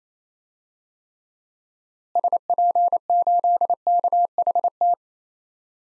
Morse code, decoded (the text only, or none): SP8KHT